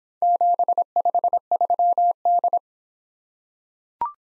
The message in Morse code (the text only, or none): 753D